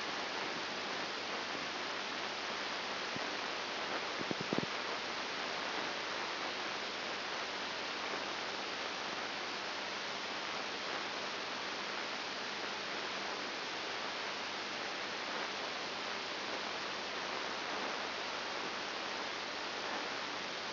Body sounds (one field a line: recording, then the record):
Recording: brain microelectrode recording played as sound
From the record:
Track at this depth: inside the subthalamic nucleus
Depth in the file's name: 5.901 mm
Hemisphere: left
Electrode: 2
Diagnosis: Parkinson's disease